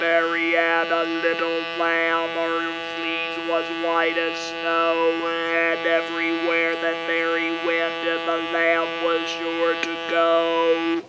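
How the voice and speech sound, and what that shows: A steady, buzzy, mechanical monotone recites a nursery rhyme at one fixed pitch, with the buzz running almost unbroken through the phrases. This is electrolarynx speech: a neck-held device supplies the voice for people whose larynx has been removed.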